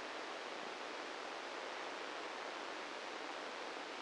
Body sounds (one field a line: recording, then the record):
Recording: brain microelectrode recording played as sound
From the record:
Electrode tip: inside the subthalamic nucleus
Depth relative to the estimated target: -3 mm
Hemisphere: left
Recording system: NeuroSet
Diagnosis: Parkinson's disease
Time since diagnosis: 13 years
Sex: male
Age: 65 years